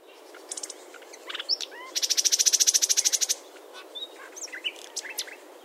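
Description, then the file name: Common nightingale song with scattered chirps, then a loud, fast, even trill of repeated notes lasting over a second, followed by softer varied notes. "Luscinia megarhynchos"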